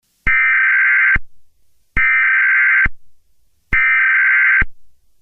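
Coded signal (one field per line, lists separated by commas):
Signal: Emergency Alert System (SAME) tones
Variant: header bursts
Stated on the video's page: Fictional EAS scenario about a nationwide hurricane.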